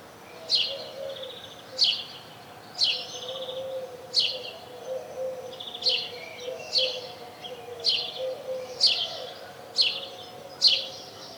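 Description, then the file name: House sparrow chirping: short, sharp, downward-sweeping chirps repeated about once a second, over a steady background noise. "Passer domesticus"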